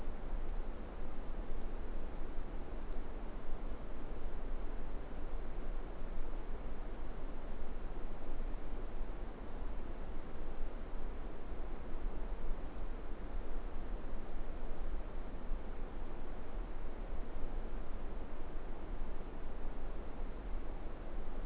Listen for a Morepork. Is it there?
no